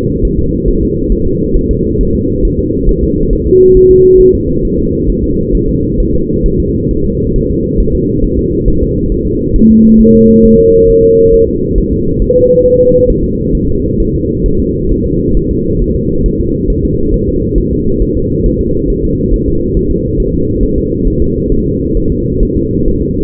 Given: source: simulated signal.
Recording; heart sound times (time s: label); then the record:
fetal heart sounds
0.25 s: S1
0.39 s: S2
0.68 s: S1
0.83 s: S2
1.12 s: S1
1.27 s: S2
1.56 s: S1
1.71 s: S2
2.01 s: S1
2.15 s: S2
2.45 s: S1
2.59 s: S2
2.89 s: S1
3.03 s: S2
3.33 s: S1
3.47 s: S2
3.77 s: S1
3.91 s: S2
4.21 s: S1
4.35 s: S2
4.65 s: S1
4.79 s: S2
5.10 s: S1
5.24 s: S2
5.55 s: S1
5.69 s: S2
6.00 s: S1
6.15 s: S2
6.46 s: S1
6.60 s: S2
6.91 s: S1
7.06 s: S2
7.36 s: S1
7.50 s: S2
7.80 s: S1
7.95 s: S2
8.24 s: S1
8.39 s: S2
8.68 s: S1
8.83 s: S2
9.12 s: S1
9.26 s: S2
9.56 s: S1
9.71 s: S2
10.01 s: S1
10.15 s: S2
10.45 s: S1
10.60 s: S2
10.90 s: S1
11.04 s: S2
11.34 s: S1
11.49 s: S2
11.78 s: S1
11.93 s: S2
12.22 s: S1
12.36 s: S2
12.66 s: S1
12.80 s: S2
13.10 s: S1
13.24 s: S2
13.55 s: S1
13.69 s: S2
14.00 s: S1
14.15 s: S2
14.46 s: S1
14.60 s: S2
14.92 s: S1
15.06 s: S2
15.37 s: S1
15.51 s: S2
15.82 s: S1
15.96 s: S2
16.26 s: S1
16.41 s: S2
16.70 s: S1
16.85 s: S2
17.14 s: S1
17.29 s: S2
17.58 s: S1
17.73 s: S2
18.02 s: S1
18.17 s: S2
18.46 s: S1
18.61 s: S2
18.90 s: S1
19.05 s: S2
19.34 s: S1
19.48 s: S2
19.77 s: S1
19.91 s: S2
20.20 s: S1
20.34 s: S2
20.63 s: S1
20.78 s: S2
21.07 s: S1
21.22 s: S2
21.52 s: S1
21.67 s: S2
21.97 s: S1
22.12 s: S2
22.43 s: S1
22.57 s: S2
22.88 s: S1
23.02 s: S2
From the record:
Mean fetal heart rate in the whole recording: 135 bpm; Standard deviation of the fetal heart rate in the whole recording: 3 bpm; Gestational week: 36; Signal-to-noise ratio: -15.3 dB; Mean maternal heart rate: 72 bpm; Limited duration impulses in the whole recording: present